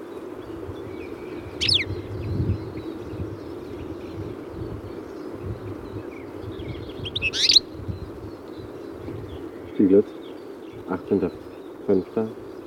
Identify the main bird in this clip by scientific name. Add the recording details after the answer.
Carduelis carduelis. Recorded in captivity. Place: Kuchelmiß, Mecklenburg-Vorpommern, DE. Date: 1980-05-18. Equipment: Nagra III BH, Sennheiser MD 21, parabola. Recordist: Schubert, Michael